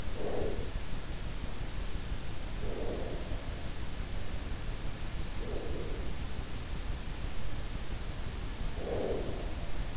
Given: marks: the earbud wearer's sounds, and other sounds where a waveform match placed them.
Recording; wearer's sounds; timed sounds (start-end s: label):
sounds in sleep by an in-ear microphone; breath
0.00-1.30 s: breath
2.33-3.63 s: breath
5.08-6.65 s: breath
8.30-9.67 s: breath